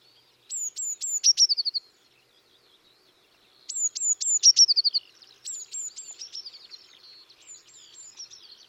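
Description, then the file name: Eurasian blue tit calling: high falling whistled notes then a quick trill, repeated, followed by softer scattered high notes. "Cyanistes caeruleus"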